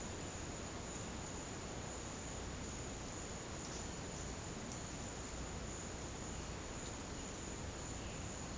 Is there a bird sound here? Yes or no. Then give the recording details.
no. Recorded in secondary vegetation near Puerto Asís, Putumayo, Colombia, on 23 June 2025 at 10:30. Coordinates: 0.484, -76.319. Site G074